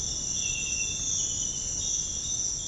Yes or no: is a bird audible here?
no